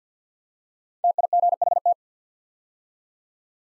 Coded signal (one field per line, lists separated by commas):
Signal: Morse code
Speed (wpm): 49 wpm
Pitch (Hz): 700 Hz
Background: none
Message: TIGHT